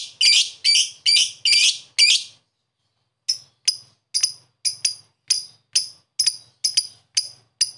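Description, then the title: Lovebird calls, five harsh buzzy squawks, a pause, then a rapid series of thin sharp chips. Pet lovebird, long 'ngekek' chatter style, recorded as a master recording for training other pet birds, Indonesia. "Love bird ngetik ngekek"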